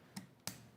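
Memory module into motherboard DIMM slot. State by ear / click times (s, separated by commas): seated / 0.2 s, 0.5 s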